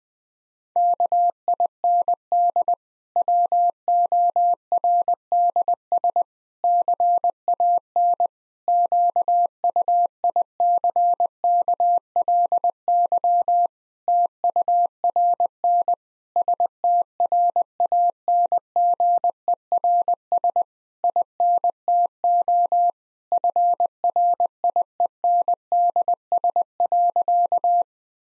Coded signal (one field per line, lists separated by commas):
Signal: Morse code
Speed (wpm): 20 wpm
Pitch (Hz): 700 Hz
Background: none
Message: KIND WORDS CAN QUICKLY TURN STRANGERS INTO FRIENDS.